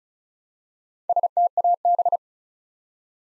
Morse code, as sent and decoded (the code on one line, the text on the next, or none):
... - .- -...
STAB